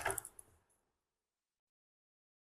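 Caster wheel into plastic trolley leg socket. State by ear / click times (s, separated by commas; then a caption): not seated / none. A plastic caster wheel is handled at the socket of a plastic trolley leg, in a trolley frame made from recycled plastic. Several short plastic ticks and taps sound in the first 0.8 seconds, then silence. Nothing has seated or clicked yet.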